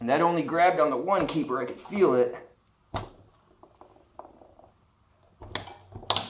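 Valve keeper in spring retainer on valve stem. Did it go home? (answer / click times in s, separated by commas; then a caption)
released / 6.1 s. Someone talks while working a valve spring compressor on a 4-stroke scooter cylinder head, followed by a few faint metallic ticks and taps. The compressor is released, and the valve keeper in the spring retainer on the valve stem pops out of position with a sharp click at 6.1 s, leaving the keeper out of place.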